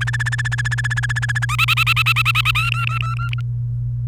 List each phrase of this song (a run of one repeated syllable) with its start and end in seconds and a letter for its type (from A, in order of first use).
0.01-1.45 A, 1.49-2.51 B, 2.55-3.41 C